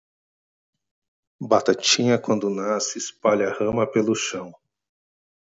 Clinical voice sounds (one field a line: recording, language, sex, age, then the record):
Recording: short text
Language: Brazilian Portuguese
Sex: male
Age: 40 to 49 years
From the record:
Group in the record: control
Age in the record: 42 years